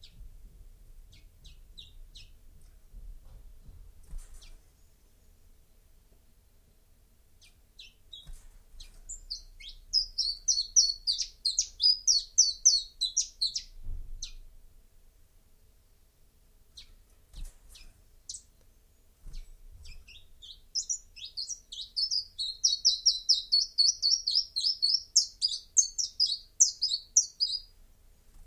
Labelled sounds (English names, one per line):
Common Chiffchaff song